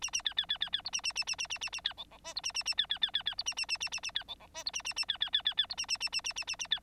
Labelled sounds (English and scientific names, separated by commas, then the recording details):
Bengalese Finch (Lonchura striata domestica) song
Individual Bird9